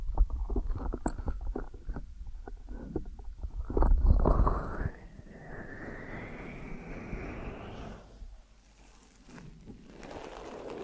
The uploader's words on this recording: ASMR Deep Ear Massage for Sleep(No Talking).